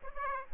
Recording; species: mosquito wingbeat signal from an infrared sensor; Aedes aegypti